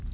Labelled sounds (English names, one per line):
Red-faced Warbler flight call